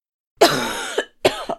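Two coughs from an adult woman with a sore throat: a longer first burst lasting about half a second with a rough, hoarse voiced tail, then a shorter second cough. These are wet-sounding, throaty coughs.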